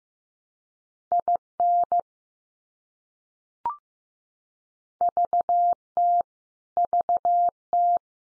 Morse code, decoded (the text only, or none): IN VT VT